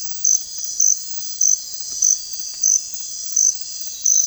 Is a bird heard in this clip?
no